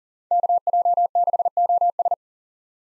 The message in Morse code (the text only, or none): KJ6OS